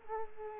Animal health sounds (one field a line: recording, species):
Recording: mosquito wingbeat signal from an infrared sensor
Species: Culex quinquefasciatus